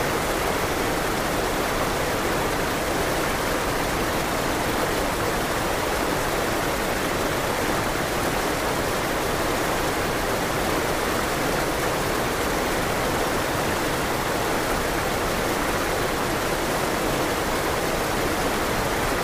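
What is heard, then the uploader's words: A forest waterfall roars in a steady, dense rush of falling water, full, with low churning beneath a bright hiss throughout. Calming Forest Waterfall White Noise.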